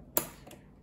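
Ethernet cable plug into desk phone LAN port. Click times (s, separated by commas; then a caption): 0.2 s. An Ethernet cable's RJ45 plug is pushed into the LAN port of a Grandstream GXP2135 desk phone. It latches with a single sharp, firm click at 0.2 s, followed by a faint softer tick around 0.5 s. The plug is seated in the port.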